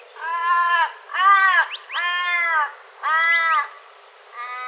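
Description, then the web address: Australian raven calling a series of wailing 'aah' notes, each under a second, separated by short pauses. Recorded in a garden in Canberra, Australia. "canberra-garden-birds ravens"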